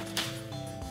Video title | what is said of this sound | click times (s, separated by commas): BLADE RUNNER Glow Light UMBRELLA REVIEW | and it's pretty good quality like and then if you pull this down you can hear it snap into to place | 0.2 s